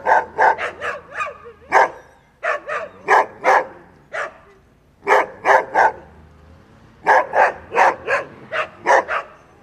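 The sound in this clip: Dog barking in bursts of several rapid barks, each burst separated by a short pause.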